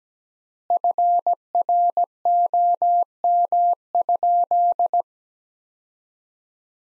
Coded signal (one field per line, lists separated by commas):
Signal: Morse code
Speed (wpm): 17 wpm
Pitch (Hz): 700 Hz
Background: none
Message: FROM?